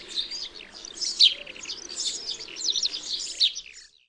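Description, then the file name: Eurasian tree sparrow chirps, many short high notes tumbling over one another in a lively continuous chatter. "MAZUREK"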